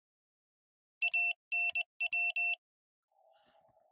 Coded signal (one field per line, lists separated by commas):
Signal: Morse code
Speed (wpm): 20 wpm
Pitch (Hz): 2700 Hz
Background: none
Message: ANW